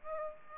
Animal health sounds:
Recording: mosquito wingbeat signal from an infrared sensor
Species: Aedes aegypti

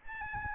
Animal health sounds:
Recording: mosquito wingbeat signal from an infrared sensor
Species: Aedes albopictus

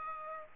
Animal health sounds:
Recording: mosquito wingbeat signal from an infrared sensor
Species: Aedes aegypti

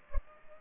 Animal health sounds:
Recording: mosquito wingbeat signal from an infrared sensor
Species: Culex pipiens

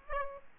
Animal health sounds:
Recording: mosquito wingbeat signal from an infrared sensor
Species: Aedes albopictus

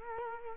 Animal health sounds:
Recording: mosquito wingbeat signal from an infrared sensor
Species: Culex quinquefasciatus

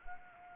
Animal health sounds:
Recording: mosquito wingbeat signal from an infrared sensor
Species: Anopheles arabiensis

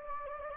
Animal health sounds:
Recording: mosquito wingbeat signal from an infrared sensor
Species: Anopheles gambiae

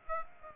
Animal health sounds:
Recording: mosquito wingbeat signal from an infrared sensor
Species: Aedes aegypti

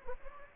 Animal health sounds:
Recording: mosquito wingbeat signal from an infrared sensor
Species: Anopheles gambiae

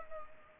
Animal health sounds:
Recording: mosquito wingbeat signal from an infrared sensor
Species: Culex pipiens

